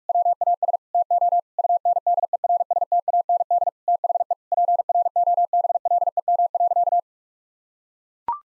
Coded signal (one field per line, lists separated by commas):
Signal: Morse code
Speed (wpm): 41 wpm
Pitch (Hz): 700 Hz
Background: none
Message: WAS TO UNDERSTAND THE PROBLEM.